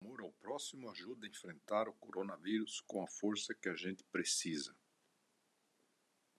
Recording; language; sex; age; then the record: spoken sentence; Brazilian Portuguese; male; 60 to 69 years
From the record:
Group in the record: control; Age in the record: 66 years